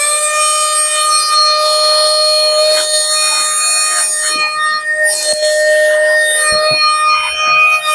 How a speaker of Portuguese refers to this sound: Barulho de aspirador é foda. Você tá assustando o gatinho. Olha lá. Tá alerta aqui, ó. É um aspirador, ele aspira.